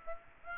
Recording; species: mosquito wingbeat signal from an infrared sensor; Aedes aegypti